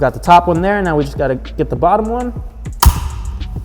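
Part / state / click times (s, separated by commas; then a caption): molded plastic indicator piece on a side mirror housing / released / 2.8 s. Someone talks while a flat head screwdriver pries at the bottom molded plastic point of an indicator piece on a driver's side mirror housing. At 2.8 s the point breaks free with a sharp snap, releasing the tab from the mirror.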